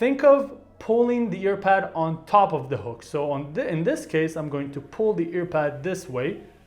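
Someone talks while pulling an earpad over a stubborn plastic hook to fit it into a headphone earcup bracket. Only talking is heard, and the hook has not clicked in or seated yet.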